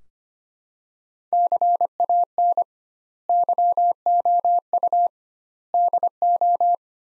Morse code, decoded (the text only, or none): CAN YOU DO